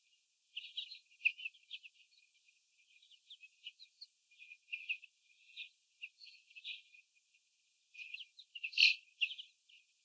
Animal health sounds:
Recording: young laying hens in a cage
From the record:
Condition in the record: after the stressor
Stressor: sudden umbrella opening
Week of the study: 3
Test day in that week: 2

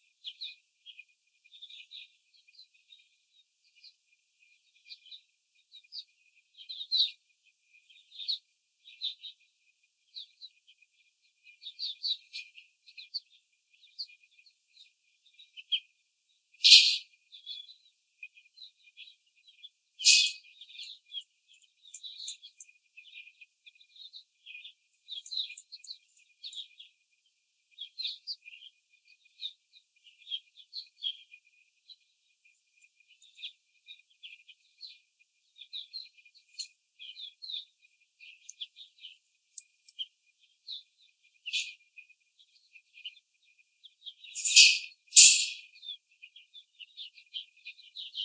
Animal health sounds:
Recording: young laying hens in a cage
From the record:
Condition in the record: after the stressor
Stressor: simulated dog barking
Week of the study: 4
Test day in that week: 3

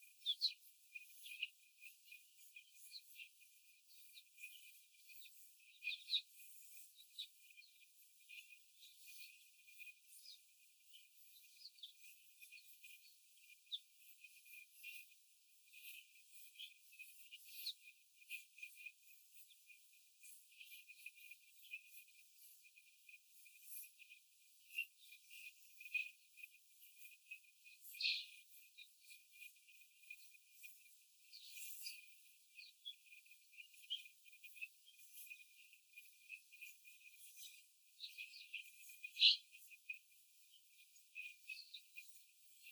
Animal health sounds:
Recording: young laying hens in a cage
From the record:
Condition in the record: after the stressor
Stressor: simulated dog barking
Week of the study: 4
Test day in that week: 1

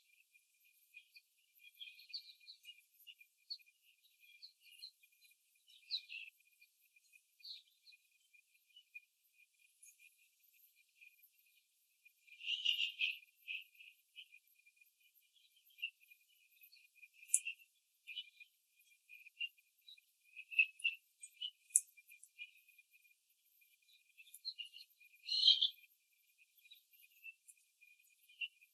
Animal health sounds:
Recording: young laying hens in a cage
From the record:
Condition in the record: before the stressor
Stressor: simulated dog barking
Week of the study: 3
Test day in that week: 1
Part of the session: 2

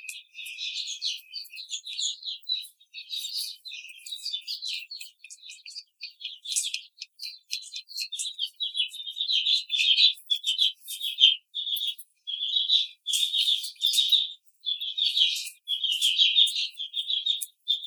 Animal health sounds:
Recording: young laying hens in a cage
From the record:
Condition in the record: treatment cage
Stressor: simulated dog barking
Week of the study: 5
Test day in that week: 1

